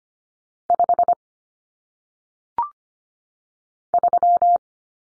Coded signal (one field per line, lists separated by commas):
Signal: Morse code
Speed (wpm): 25 wpm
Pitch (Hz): 700 Hz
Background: none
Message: 5 3